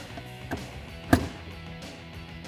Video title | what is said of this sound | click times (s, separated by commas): Jeep Wrangler JK Smittybilt SRC Gen2 Rear Tube Doors (2007-2018 4 Door) Review & Install | But after that, it should click right in. | 1.1 s